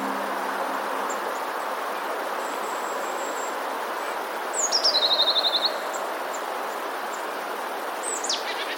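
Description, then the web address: Eurasian blue tit song, a high thin introductory note sliding into a rapid even trill, heard once amid constant hiss, with a faint high whistle and a brief sharp call. "wroblowe teka spiew 14. modraszkoteka"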